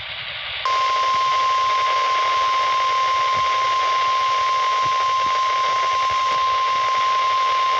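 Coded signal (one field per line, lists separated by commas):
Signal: Emergency Alert System (SAME) tones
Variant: 1050 Hz attention tone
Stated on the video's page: Relay of a weather radio Required Weekly Test, received hours earlier and retransmitted.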